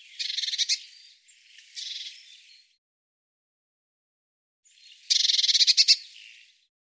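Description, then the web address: Bird uttering short bursts of harsh, buzzy churring, two close together, then a pause of about two seconds before a louder pulsed burst. "cianscape birddata Deverinetal 2025 File cleaned normalized Bird Cy Ca"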